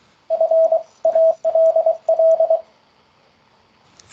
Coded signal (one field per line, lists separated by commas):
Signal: Morse code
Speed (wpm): 24 wpm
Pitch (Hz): 650 Hz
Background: radio noise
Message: FALL